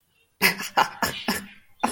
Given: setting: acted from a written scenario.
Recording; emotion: vocal sound without words; amusement